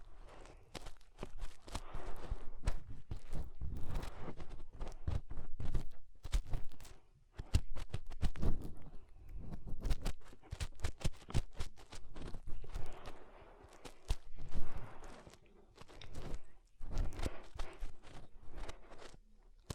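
Fingers rubbing and pressing inside the ear make a rough, muffled scratching with dense bursts of crackles and sharp clicks throughout. The rustling swells and fades in uneven waves every few seconds, heavy in low thumps, with brief quieter gaps between bouts.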